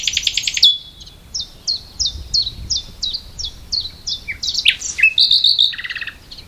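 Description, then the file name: Common nightingale song opening with a fast trill, then steady sharp repeated chips, a long thin whistle and closing buzzy, rattling phrases. "Luscinia megarhynchos"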